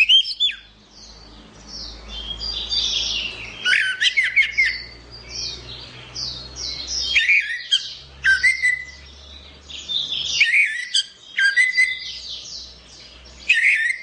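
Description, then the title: Orange-headed thrush song, a dense run of varied high warbled and whistled phrases with sharp notes and short pauses, over a low hum. "Anis Merah"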